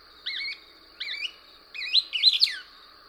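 Couch's Kingbird song: two doubled, wavering twittery notes followed by a hurried run of sharp, descending slurred notes, with a constant high hum behind.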